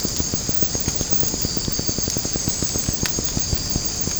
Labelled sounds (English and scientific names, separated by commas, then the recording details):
none
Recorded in secondary vegetation near Puerto Asís, Putumayo, Colombia, on 8 March 2025 at 04:00
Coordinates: 0.481, -76.318
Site G097